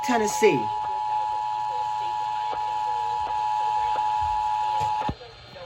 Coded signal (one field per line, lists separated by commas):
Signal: Emergency Alert System (SAME) tones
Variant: 853 and 960 Hz attention tone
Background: speech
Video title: EAS 1315-1316: The First Pennsylvania Required Monthly Tests of 2021